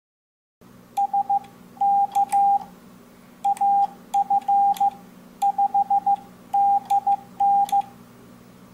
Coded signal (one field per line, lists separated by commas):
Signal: Morse code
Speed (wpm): 15 wpm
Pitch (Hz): 800 Hz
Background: none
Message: SK AF5DN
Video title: EMP Resistant Ham in a Can, QRP radio and batteries, Getting ready for the next disaster part 1